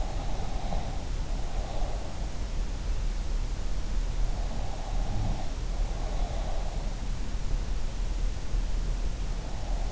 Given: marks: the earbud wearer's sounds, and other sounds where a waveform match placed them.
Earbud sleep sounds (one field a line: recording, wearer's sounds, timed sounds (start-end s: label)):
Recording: sounds in sleep by an in-ear microphone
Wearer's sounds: breath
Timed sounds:
0.00-2.20 s: breath
4.27-6.85 s: breath